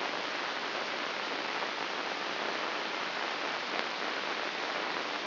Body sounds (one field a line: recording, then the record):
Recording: brain microelectrode recording played as sound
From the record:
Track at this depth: inside the subthalamic nucleus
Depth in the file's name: 5.083 mm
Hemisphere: left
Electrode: 2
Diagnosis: Parkinson's disease